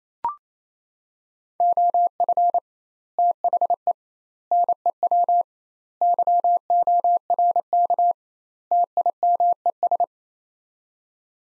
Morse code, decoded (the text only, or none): OF THE NEW YORK TIMES